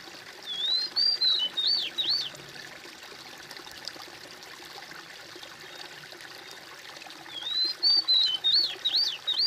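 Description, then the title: Bird song: a brief phrase of slurred, rising and falling whistles, then a pause of several seconds before a similar phrase repeats, over a steady background hiss. "kOMPILASI suara bird"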